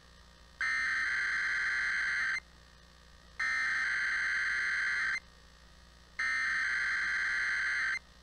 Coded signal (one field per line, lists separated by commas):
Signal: Emergency Alert System (SAME) tones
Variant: header bursts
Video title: WMT Required Weekly Test #3 (EAS #301)